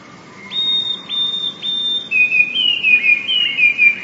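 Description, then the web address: Eurasian blue tit delivering three high, clear whistled notes that lead straight into a rapid, bright descending trill. "wroblowe teka spiew. wroblowe teka modraszkoteka"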